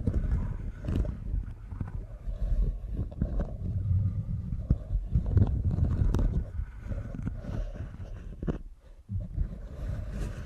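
Deep ear canal massage with a steady, muffled low rumble of rubbing and pressing, dotted throughout with soft crackles and scratchy clicks. The texture stays dense and continuous, thinning briefly to near silence around the eight-and-a-half second mark before resuming.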